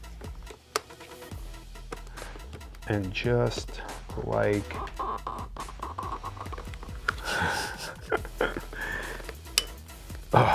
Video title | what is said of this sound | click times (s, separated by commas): YouTube Experience - LSU Edition | until you hear that click that last one in there | 0.8 s